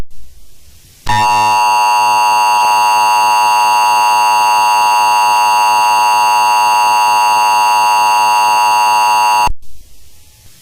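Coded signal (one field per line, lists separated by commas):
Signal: Emergency Alert System (SAME) tones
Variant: 853 and 960 Hz attention tone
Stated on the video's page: Simulated test alert made with an Android EAS simulator app and given a VHS-style effect.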